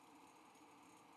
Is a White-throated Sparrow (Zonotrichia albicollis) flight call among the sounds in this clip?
no